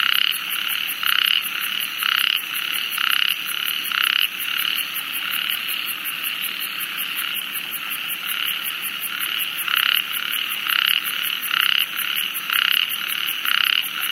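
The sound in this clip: Ornate narrow-mouthed toad giving raspy buzzing calls about one per second, in two bouts separated by a quieter gap, over continuous background noise and rapid high ticking.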